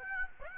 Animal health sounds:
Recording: mosquito wingbeat signal from an infrared sensor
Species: Aedes aegypti

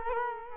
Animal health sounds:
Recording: mosquito wingbeat signal from an infrared sensor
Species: Culex quinquefasciatus

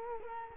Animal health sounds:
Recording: mosquito wingbeat signal from an infrared sensor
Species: Culex quinquefasciatus

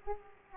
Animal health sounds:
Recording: mosquito wingbeat signal from an infrared sensor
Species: Aedes aegypti

